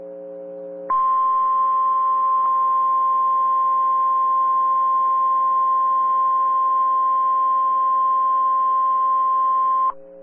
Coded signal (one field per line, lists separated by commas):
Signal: Emergency Alert System (SAME) tones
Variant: 1050 Hz attention tone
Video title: EAS Timeline: Historic EF-4 Wedge Tornado Strikes Winterset, Iowa NOAA Weather Radio